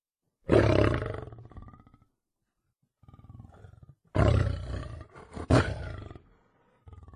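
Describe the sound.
Lion roaring: a loud, deep roar that fades, a quieter rumbling passage, then a second powerful roar with harsh bursts trailing off.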